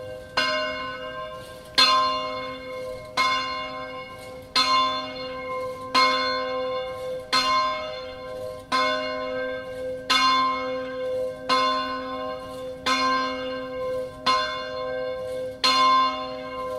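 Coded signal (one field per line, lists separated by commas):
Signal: bell signal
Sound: a single large church bell rings steadily about 12 times, roughly every 1.4 seconds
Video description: Battiore e distesa della grande (dura 2 minuti) delle 12:00 per l'Angelus feriale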